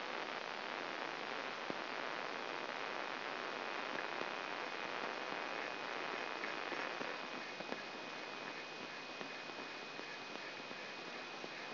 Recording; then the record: brain microelectrode recording played as sound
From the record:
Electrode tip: outside the subthalamic nucleus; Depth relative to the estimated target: 3 mm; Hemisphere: left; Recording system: AlphaMap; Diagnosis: Parkinson's disease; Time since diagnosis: 9 years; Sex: male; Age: 66 years